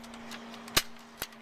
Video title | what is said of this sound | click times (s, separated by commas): Thule Complete Rapid Traverse 480rc AeroBlade Car Roof Crossbar Racks for Naked Roof-tops | you just kind of push up on the clip to where it clicks in you hear that click | 0.8 s